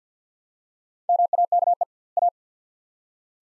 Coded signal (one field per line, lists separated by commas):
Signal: Morse code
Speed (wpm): 50 wpm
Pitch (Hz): 700 Hz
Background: none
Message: MAKE A